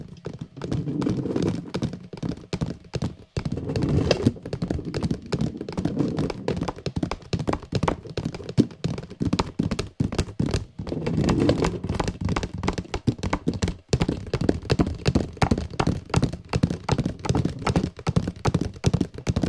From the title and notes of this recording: Glorious Tapping on a Small Vase and Some Random Boxes (Bearded Audio ASMR). Tapping on a small vase and other boxes around his home.